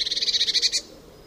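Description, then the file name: Eurasian blue tit gives a brief churr of rapid, even buzzy pulses that stops abruptly. "Cyanistes caeruleus"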